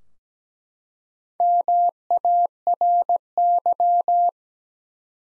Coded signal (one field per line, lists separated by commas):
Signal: Morse code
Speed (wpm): 17 wpm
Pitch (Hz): 700 Hz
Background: none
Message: MARY